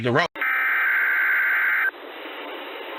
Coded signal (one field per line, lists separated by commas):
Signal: Emergency Alert System (SAME) tones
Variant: header bursts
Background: speech